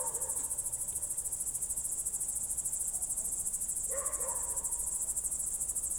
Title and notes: Goworów, Poland - World Listening Day/Night 18/07/2022-night crickets. słuchałem świerszczy zza okna